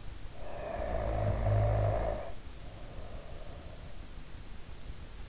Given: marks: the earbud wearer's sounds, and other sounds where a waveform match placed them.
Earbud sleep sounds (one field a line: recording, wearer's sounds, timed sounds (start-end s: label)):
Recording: sounds in sleep by an in-ear microphone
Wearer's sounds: snoring breath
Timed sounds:
0.18-4.24 s: snoring breath